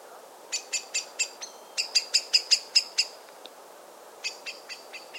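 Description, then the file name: Common blackbird calls: sharp, metallic high clicks repeated rapidly in bursts, with short gaps between series. "Turdus merula"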